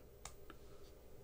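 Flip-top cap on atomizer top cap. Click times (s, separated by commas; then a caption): 0.3 s, 0.5 s. The hinged flip-top cap on the top cap of a Mad Hat vape atomizer is snapped closed, giving two short, sharp clicks at 0.3 s and 0.5 s, the first louder and brighter than the second, over a low steady background hum. The cap clicks shut and is seated.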